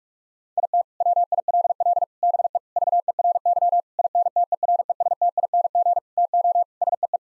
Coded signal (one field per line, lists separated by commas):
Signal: Morse code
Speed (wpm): 46 wpm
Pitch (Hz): 700 Hz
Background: none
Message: IT WILL BE VERY INTERESTING TO SEE